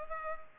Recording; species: mosquito wingbeat signal from an infrared sensor; Culex pipiens